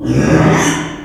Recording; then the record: squeal of a Yucatan mini pig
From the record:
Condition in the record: after surgery on the right vocal fold (resection and tissue-engineered implant); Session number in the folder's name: 3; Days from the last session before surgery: 33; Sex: male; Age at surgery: 12 weeks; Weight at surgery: 13 kg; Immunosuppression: cyclosporine, prednisolone